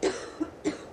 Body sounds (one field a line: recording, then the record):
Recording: coughing mixed with background sound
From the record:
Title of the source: female coughing - coughing sound effects girl